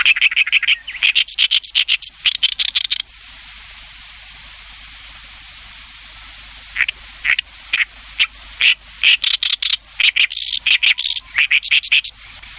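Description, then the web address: Oriental reed warbler song of coarse, chattering repeated notes in two long bursts separated by a few quiet seconds. "sikioto. ooyoshikiri"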